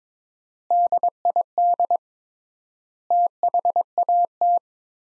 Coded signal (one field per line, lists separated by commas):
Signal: Morse code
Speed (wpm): 22 wpm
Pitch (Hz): 700 Hz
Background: none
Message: DID THAT